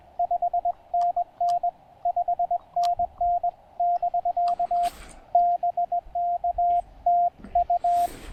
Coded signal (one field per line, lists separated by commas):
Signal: Morse code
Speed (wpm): 20 wpm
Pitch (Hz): 690 Hz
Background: radio noise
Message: 5NN 5NN <BK> BKTU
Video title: POTA Pileups on 20 meters! Pairing the Penntek TR-35 & Chelegance MC-750 at Table Rock Fish Hatchery